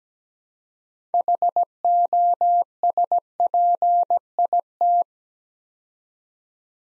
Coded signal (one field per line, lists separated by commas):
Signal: Morse code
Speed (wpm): 17 wpm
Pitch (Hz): 700 Hz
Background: none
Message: HOSPIT